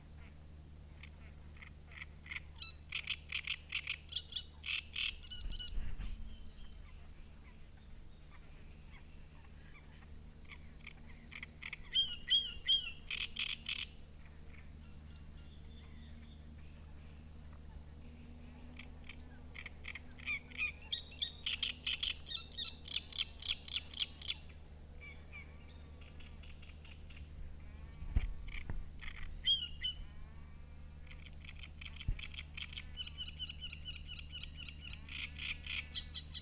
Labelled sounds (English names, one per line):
Great Reed Warbler